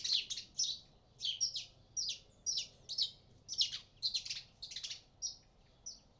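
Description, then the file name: House sparrow giving short bright chirps in loose groups of two or three, with brief pauses between bursts. "Passer domesticus"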